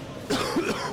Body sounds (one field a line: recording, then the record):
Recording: coughing mixed with background sound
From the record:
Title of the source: Coughing 46